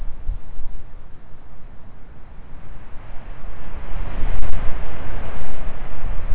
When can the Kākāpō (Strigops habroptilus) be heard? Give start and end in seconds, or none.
none